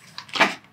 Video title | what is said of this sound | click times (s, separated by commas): Anthurium Seedlings, PART 1 – Transplanting 15 Tiny RARE PLANTS! | keep popping through the hole makes a little clicking sound and then it's in there and you can just twist it around okay | 0.2 s